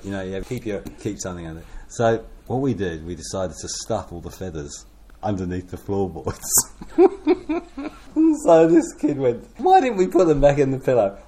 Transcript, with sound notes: you know, you could keep something under… So what we did, we decided to stuff all the feathers underneath the floorboards. [Chuckle] So this kid went, “Why don’t we put them back in the pillow?”